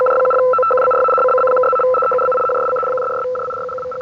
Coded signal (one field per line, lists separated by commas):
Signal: RTTY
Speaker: The teletype signal is composed only of dots, however, and is usually much faster than CW.